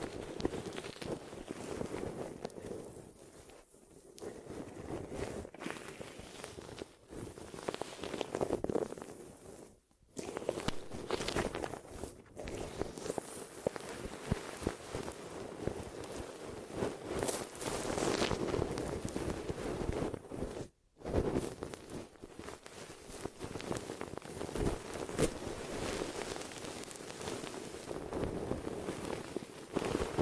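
Ear massage and cleaning: a steady, dense rubbing and scratching with a muffled low-mid body and hissy upper texture, swelling and easing in strokes. Brief gaps break it near 4, 10, 12 and a clear silence around 21 seconds.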